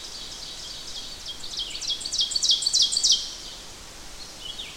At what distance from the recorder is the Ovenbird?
about 10 m